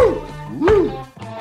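A dog barks from behind a door of a home, giving about three yelping, whiny barks with rising and falling pitch, fairly loud and with no one talking.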